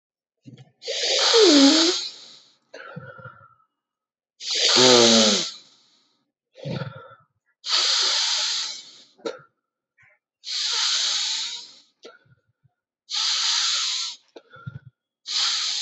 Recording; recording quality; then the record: deep breathing; excellent, no background noise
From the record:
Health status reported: healthy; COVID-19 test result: not tested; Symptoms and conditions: diabetes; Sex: male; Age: 60 years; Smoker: not ticked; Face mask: not worn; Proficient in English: yes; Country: India